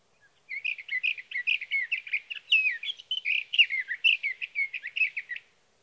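Sage thrasher song: a sustained, hurried medley of warbled and whistled notes lasting roughly five seconds, clean and without background noise.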